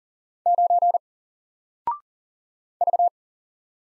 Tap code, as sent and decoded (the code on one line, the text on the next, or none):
none